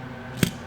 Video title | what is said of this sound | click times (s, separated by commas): Rivian Wiper Blade Replacement (Step-by-Step Guide) | slides on, clicks and locks into place, and then pops down. | 0.4 s